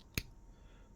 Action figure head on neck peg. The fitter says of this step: and let's have a look with the alternate head on it should be just a pop off